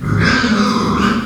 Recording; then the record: squeal of a Yucatan mini pig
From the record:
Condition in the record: after surgery on the right vocal fold (resection and tissue-engineered implant); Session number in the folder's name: 12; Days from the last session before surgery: 105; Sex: female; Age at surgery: 19 weeks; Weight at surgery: 25 kg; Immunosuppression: prednisolone